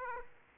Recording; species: mosquito wingbeat signal from an infrared sensor; Aedes aegypti